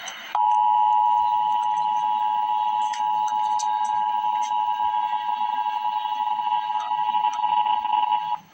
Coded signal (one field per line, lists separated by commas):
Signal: Emergency Alert System (SAME) tones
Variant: 853 and 960 Hz attention tone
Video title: Emergency Alert System - Special Weather Statement - Mar 19, 2025 at 11:24 PM EDT